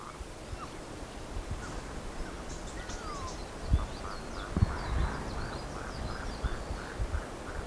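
Birds calling: high thin chirps mixed with a sliding whistle and a steady series of lower notes repeated rapidly, with occasional knocks and low background rumble.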